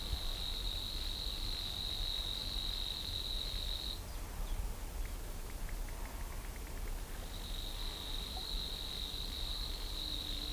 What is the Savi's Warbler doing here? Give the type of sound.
song